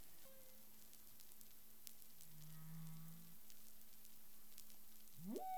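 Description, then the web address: Humpback whale sounds: a long low droning moan with a short mid tone early, ending in a rapid upsweep, amid constant hiss and crackling. Recorded 13 February 2021 at 10:05 UTC. "humpback whale 20210213"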